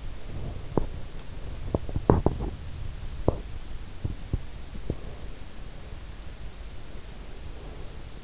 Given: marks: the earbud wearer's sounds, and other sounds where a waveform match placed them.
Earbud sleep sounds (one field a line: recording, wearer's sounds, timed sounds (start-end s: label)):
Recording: sounds in sleep by an in-ear microphone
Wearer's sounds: teeth grinding, breath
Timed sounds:
0.00-5.44 s: teeth grinding
6.74-8.14 s: breath